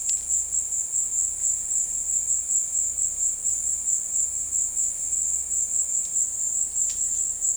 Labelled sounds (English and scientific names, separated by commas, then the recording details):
Cinereous Tinamou (Crypturellus cinereus)
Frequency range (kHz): Cinereous Tinamou (Crypturellus cinereus) 1.5-2.1 kHz
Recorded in dense forest near Puerto Asís, Putumayo, Colombia, on 21 February 2024 at 16:30
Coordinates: 0.485, -76.318
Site G6408